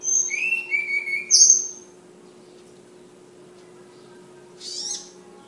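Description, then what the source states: Flowerpecker song: a run of thin, very high whistled notes and slurred notes in the first two seconds, then a brief high burst near the end over a steady low hum. Tledekan named Ababil, from Kudus, singing in sulingan (flute-like) style.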